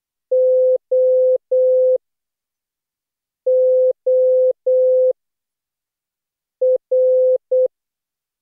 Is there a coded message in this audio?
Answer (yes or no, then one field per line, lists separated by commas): yes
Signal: Morse code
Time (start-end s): 0.3-7.7 s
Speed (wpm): 12 wpm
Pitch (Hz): 510 Hz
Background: none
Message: O O R